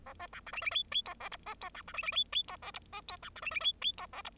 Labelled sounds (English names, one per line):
Bengalese Finch song